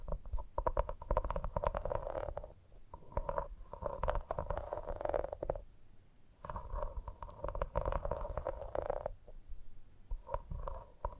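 Gentle tapping comes in dense bursts of quick, irregular taps, with short pauses near 2.5, 6 and 10 seconds. The taps sound hollow and resonant, with a steady midrange ring and a soft low thud beneath them, almost croaking in tone.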